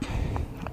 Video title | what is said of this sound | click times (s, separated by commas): Kymco Dollar 150 test ride and review at KTM technohub Baguio City | Nakalock na yan. | 0.4 s, 0.7 s